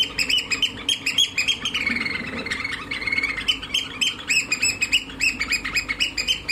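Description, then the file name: Eurasian oystercatcher piping: loud, high, strident kleep notes tumbling in a fast excited run, with several calls overlapping and some longer drawn-out notes. "austernfischer"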